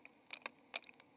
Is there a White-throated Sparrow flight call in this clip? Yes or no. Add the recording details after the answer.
no. No flight call is heard. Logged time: 06:34 on 17 November 2014